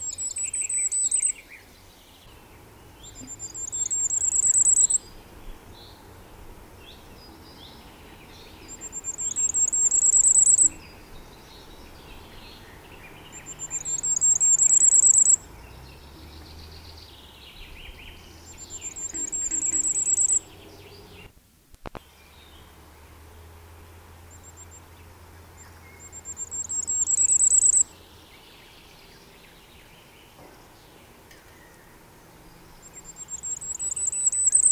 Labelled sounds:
Common Firecrest (Regulus ignicapilla) song
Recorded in the wild
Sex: male
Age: adult
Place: Erlangen, Bayern, DE
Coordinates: 49.5644, 11.0131
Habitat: forest
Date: 1963-05-30
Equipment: Nagra, AKG D19-200, Parabol, Original, Vollspur
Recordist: Tretzel, Erwin

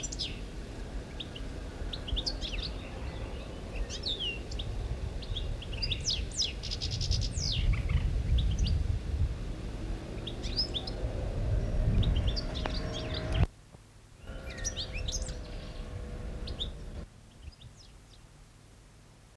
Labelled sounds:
European Goldfinch (Carduelis carduelis) song
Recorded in the wild
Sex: male
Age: adult
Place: Mühlenbecker Land, OT Buchhorst, Naturpark Barnim, Brandenburg, DE
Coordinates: 52.6736, 13.3908
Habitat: alder swamp
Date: 1975-05-10
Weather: partly cloudy, 20°C
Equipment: Uher CR 210, Sennheiser MD 421, Verstärker, Kopie Uher 4200
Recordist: Tembrock, Günter
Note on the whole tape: Erlenbruch: Gesang

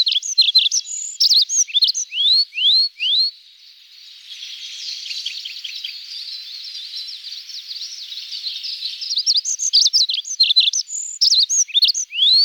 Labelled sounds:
Olive-backed Pipit (Anthus hodgsoni) song
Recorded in the wild
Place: Tormasu (Umgebung), RU
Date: 1994-06-03
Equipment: Dat-Recorder Casio DA 7, Telinga DAT, Telinga-Parabolspiegel
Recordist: Schwarz, Dieter

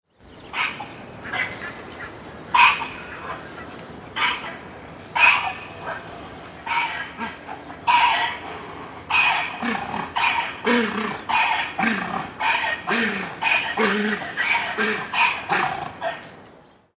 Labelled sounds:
Onager (Equus hemionus)
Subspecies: kulan
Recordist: Tembrock, Günter
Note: Rufreihe eines Hengstes

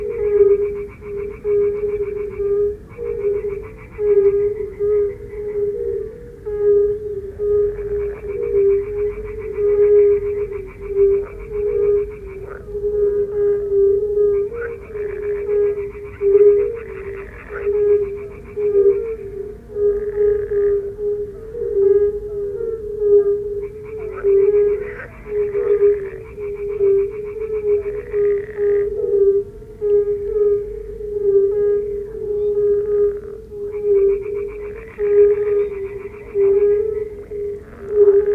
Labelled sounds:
Fire-Bellied Toad (Bombina bombina) call
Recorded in the wild
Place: Groß Nemerow, Mecklenburg-Vorpommern, DE
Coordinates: 53.448, 13.219
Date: 1980-06-23 22:00
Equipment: Nagra III BH, Sennheiser MD 21, parabola
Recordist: Schubert, Michael

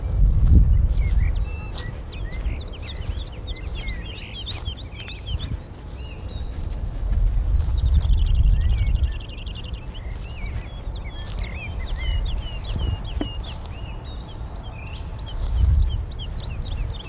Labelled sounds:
Wood Lark (Lullula arborea) song
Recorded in the wild
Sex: male
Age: adult
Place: Gosener Berge, Berlin, DE
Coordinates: 52.3842, 13.6947
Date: 1990-04-13 19:04
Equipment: Riporter 6 RG-K, Halbspur, Sennheiser MKH 416 T
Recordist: Frommolt, Karl-Heinz

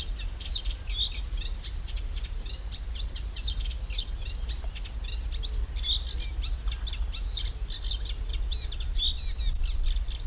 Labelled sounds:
Reed Bunting (Emberiza schoeniclus)
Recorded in the wild
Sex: male
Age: adult
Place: Karower Teiche, Naturpark Barnim, Berlin, DE
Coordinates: 52.624, 13.462
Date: 1993-05-20
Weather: heiter, 22-25 °C
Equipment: Marantz CP 430, Sennheiser ME 80, Kopie Uher Variocord 263
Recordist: Tembrock, Günter

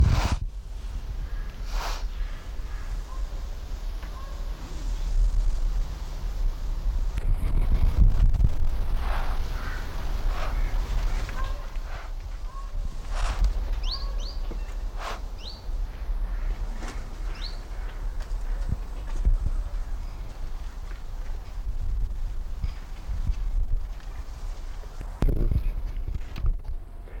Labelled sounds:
Spotted Eagle-Owl (Bubo africanus) aggressive call
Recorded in captivity
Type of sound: aggressive call
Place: Timmendorfer Strand, Holsteinische Schweiz, Schleswig-Holstein, DE
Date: 1992-09-21 15:15
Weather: sonnig, 22°C
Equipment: Marantz CP 430, Sennheiser ME 80, Kopie Tesla B 116
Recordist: Tembrock, Günter
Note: Vogelpark Niendorf; B. a. cinerascens; Abwehrlaute, 2 Tiere

